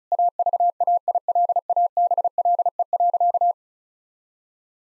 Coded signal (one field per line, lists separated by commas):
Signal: Morse code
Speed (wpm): 36 wpm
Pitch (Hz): 700 Hz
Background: none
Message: AVAILABLE.